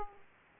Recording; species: mosquito wingbeat signal from an infrared sensor; Aedes aegypti